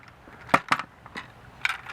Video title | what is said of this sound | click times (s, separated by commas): Hasbro Transformers Combiner Wars Devastator pt. 2: Mixmaster | then snapped back into place | 0.6 s, 1.6 s